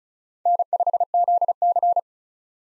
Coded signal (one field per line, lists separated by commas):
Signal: Morse code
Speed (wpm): 34 wpm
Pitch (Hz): 700 Hz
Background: none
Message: N5ZC